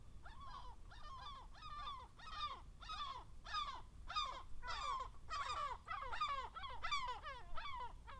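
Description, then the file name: Gulls calling in a busy flock, loud downslurred squealing cries repeated rapidly and overlapping, over steady low background noise. "Seagulls Gaviotas"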